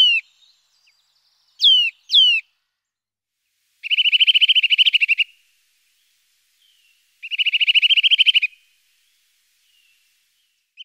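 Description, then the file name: Eurasian nuthatch with two loud descending whistled notes followed by two long rapid trills of fast repeated notes, each lasting over a second. "Sittelle torchepot"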